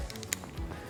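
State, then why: Seated. The hose and head part of a Click HV mini compact floor pump is pulled out and snapped magnetically into place on the pump body. A few faint ticks lead up to one sharp, bright click at 0.3 s, when the part seats.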